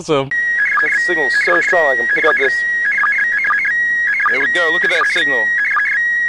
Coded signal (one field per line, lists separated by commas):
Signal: SSTV (slow-scan television)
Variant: PD 180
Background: speech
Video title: Coolest ISS Slow Scan TV Image!